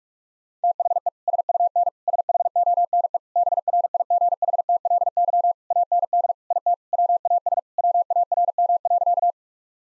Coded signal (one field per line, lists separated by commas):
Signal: Morse code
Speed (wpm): 46 wpm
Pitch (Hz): 700 Hz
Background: none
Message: THE SUN SHONE BRIGHTLY AND IT WAS WARM.